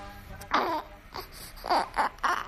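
About five short, tuneful crying bursts from a baby girl in a small radio studio: an ordinary infant cry.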